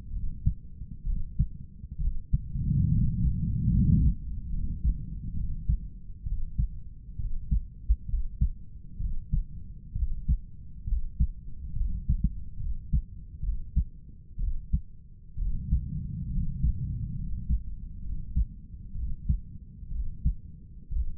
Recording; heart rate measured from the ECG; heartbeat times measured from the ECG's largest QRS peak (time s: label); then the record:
heart sounds by stethoscope; 66 bpm
0.14 s: heartbeat
1.08 s: heartbeat
2.02 s: heartbeat
2.94 s: heartbeat
3.74 s: heartbeat
4.54 s: heartbeat
5.38 s: heartbeat
6.28 s: heartbeat
7.21 s: heartbeat
8.10 s: heartbeat
9.02 s: heartbeat
9.97 s: heartbeat
10.89 s: heartbeat
11.77 s: heartbeat
12.61 s: heartbeat
13.45 s: heartbeat
14.41 s: heartbeat
15.40 s: heartbeat
16.33 s: heartbeat
17.18 s: heartbeat
18.04 s: heartbeat
18.97 s: heartbeat
19.93 s: heartbeat
20.94 s: heartbeat
From the record:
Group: healthy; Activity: rest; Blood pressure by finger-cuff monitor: 150/90 mmHg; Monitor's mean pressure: 106 mmHg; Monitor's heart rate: 66 bpm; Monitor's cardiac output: 7.7 L/min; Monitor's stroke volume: 113 mL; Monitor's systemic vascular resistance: 1010 dyn s/cm5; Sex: male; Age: 30 years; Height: 188 cm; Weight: 110.2 kg